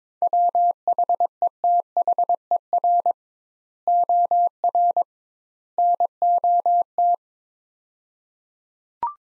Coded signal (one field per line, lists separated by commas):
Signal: Morse code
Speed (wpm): 22 wpm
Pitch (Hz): 700 Hz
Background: none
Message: WHETHER OR NOT